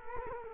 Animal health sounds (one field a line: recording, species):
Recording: mosquito wingbeat signal from an infrared sensor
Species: Culex quinquefasciatus